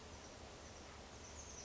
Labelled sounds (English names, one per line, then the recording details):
Oak Titmouse
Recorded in Sonoma County, California